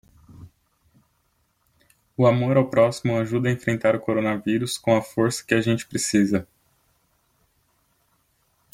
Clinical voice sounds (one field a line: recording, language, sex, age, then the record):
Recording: spoken sentence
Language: Brazilian Portuguese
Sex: male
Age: 30 to 39 years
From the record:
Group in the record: control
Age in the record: 30 years